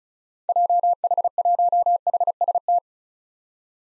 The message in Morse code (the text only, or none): JH1HST